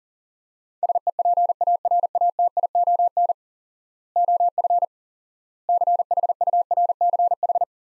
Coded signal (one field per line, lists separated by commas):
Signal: Morse code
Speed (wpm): 40 wpm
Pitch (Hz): 700 Hz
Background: none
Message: SEPARATION OF CHURCH